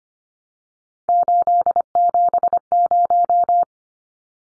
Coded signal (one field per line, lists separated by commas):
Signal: Morse code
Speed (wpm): 25 wpm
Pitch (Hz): 700 Hz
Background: none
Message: 870